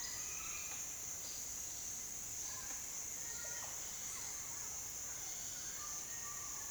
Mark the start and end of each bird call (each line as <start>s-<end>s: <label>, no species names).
0.00s-0.66s: bird call